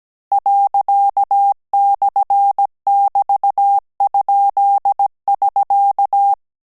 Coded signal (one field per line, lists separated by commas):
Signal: Morse code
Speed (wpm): 17 wpm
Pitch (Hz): 800 Hz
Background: none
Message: ./<BT>?<SK>